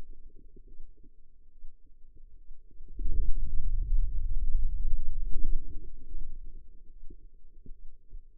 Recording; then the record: forearm muscle sounds (acoustic myography)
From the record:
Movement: pen grasping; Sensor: system 2, bracelet of six BSWA MPA416 microphones around the upper forearm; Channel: 6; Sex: female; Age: 25 years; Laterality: right